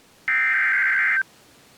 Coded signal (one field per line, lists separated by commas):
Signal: Emergency Alert System (SAME) tones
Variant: header bursts